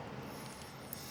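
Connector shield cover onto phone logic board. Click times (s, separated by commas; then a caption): 0.9 s. A metal connector cover on a Samsung Galaxy A11, folded over the charging-port flex connector and lined up, is pressed down onto the phone's logic board. Over a steady low background, a single short sharp click is heard at 0.9 s, and the cover snaps into position.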